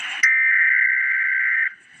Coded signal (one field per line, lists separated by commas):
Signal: Emergency Alert System (SAME) tones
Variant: header bursts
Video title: Emergency Alert System - Special Weather Statement - May 18, 2026 at 6:00 PM EDT